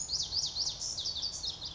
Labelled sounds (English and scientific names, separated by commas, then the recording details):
Pacific Wren (Troglodytes pacificus)
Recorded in Sonoma County, California